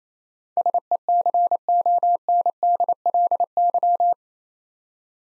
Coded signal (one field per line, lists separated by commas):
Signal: Morse code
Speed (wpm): 28 wpm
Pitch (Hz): 700 Hz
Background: none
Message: SECONDLY